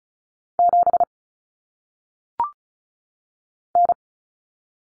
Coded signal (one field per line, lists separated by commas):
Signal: Morse code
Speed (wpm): 36 wpm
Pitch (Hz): 700 Hz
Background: none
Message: 7 N